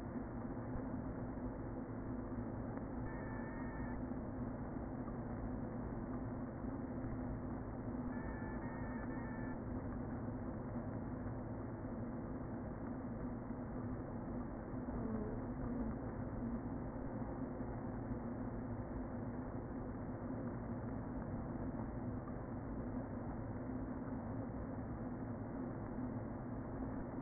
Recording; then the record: honeybee colony, microphone inside the hive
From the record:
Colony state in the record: queen present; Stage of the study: before two queens were removed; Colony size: about 60,000 bees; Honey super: yes